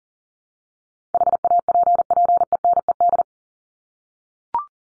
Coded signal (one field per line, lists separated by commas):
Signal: Morse code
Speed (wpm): 38 wpm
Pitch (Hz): 700 Hz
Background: none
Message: HAPPENED